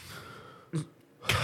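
An adult with sleep apnea imitates the sound he makes while asleep, where he stops breathing and then gasps: a brief snort, a pause, then a loud, sharp gasping inhalation.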